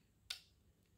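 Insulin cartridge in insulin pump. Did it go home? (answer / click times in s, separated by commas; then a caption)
released / 0.3 s. A used insulin cartridge is popped out of the back of a Tandem t:slim insulin pump, which sits in a protective case. A single sharp, bright click sounds at 0.3 s and fades quickly into quiet. The cartridge releases and comes out easily, as it should.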